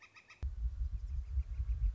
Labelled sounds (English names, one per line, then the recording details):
Northern Flicker
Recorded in Sonoma County, California